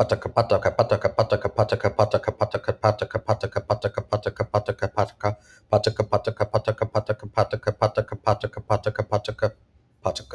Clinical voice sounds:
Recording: repeated syllables /pa ta ka/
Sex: male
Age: 20 to 29 years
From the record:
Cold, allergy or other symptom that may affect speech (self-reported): no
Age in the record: 26 years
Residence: Florida, United States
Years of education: 18

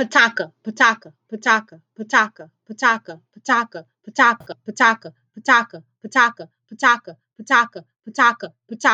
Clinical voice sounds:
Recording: repeated syllables /pa ta ka/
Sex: female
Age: 30 to 39 years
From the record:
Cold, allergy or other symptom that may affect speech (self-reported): no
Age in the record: 37 years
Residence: Louisiana, United States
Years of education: 16

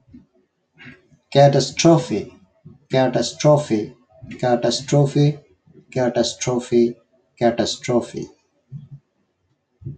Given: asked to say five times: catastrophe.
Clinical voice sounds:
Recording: repeated word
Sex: male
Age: 40 to 49 years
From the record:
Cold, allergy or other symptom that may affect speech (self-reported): no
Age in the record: 45 years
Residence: New York, United States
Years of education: 16

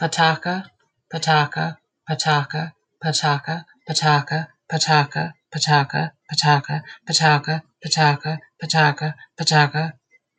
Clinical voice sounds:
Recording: repeated syllables /pa ta ka/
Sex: female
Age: 40 to 49 years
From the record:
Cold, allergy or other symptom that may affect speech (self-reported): no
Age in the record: 47 years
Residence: South Carolina, United States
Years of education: 14

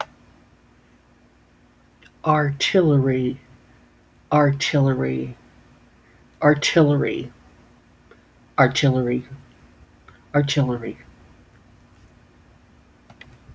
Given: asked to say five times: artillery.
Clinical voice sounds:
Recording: repeated word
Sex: female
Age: 60 to 69 years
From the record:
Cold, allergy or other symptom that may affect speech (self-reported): no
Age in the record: 63 years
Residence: Virginia, United States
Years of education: 18

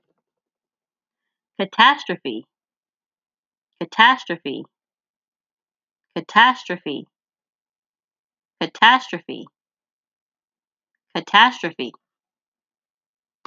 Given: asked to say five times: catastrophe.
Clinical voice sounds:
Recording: repeated word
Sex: female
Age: 40 to 49 years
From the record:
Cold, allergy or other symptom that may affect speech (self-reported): no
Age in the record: 45 years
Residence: California, United States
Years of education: 16

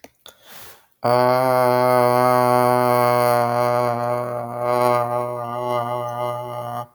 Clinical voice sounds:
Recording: vowel held as long as possible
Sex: male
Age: 30 to 39 years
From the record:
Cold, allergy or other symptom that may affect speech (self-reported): no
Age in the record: 31 years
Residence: Arkansas, United States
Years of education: 16

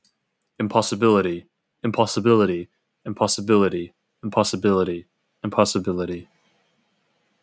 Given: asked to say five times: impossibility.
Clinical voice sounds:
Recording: repeated word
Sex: male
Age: 18 to 19 years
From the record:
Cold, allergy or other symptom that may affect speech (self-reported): no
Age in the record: 19 years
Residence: California, United States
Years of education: 13

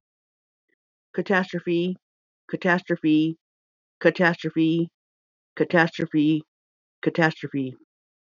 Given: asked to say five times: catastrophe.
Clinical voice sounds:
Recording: repeated word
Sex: female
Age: 40 to 49 years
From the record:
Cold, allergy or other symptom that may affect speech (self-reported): no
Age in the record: 44 years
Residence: Washington, United States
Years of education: 12

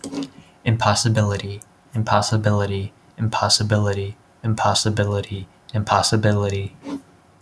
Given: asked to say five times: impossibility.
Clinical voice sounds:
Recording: repeated word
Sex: male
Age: 30 to 39 years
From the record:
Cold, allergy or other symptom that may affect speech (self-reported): no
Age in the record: 31 years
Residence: Illinois, United States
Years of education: 16

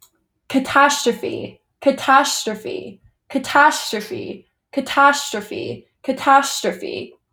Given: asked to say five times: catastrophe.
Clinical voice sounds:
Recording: repeated word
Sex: female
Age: 20 to 29 years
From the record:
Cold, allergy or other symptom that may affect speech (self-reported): no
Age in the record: 20 years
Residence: United States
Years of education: 14

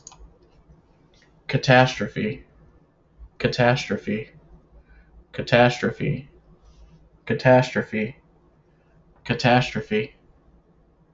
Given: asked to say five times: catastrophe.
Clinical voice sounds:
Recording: repeated word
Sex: male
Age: 30 to 39 years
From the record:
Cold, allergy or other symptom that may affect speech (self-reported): no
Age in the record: 35 years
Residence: Illinois, United States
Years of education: 14

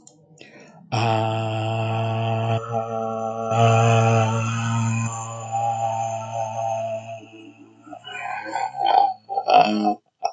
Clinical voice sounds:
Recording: vowel held as long as possible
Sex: male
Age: 40 to 49 years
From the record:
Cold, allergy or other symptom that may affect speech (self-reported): no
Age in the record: 41 years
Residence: Texas, United States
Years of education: 16

